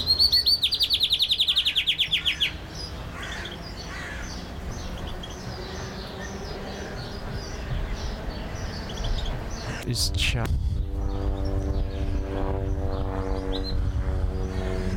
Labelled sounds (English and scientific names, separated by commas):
Long-tailed Rosefinch (Uragus sibiricus)